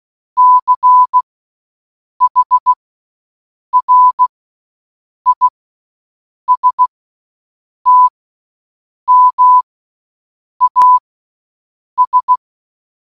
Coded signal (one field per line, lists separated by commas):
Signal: Morse code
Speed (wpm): 16 wpm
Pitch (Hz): 1000 Hz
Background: none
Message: CHRISTMAS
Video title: "MERRY CHRISTMAS" Audio In Morse Code